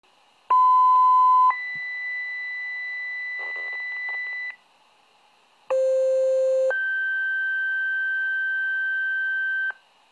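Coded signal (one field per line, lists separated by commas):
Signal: two-tone page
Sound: two pairs of steady tones, each a one-second tone then a three-second higher tone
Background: quiet room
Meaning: Dispatch alert calling out fire companies and the ambulance station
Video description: This a video of my minitor V five Pager alerting for my fire company with 2 other companies and our ambulance station. The higher pitched tones in between are the tones that activate our fire station sirens.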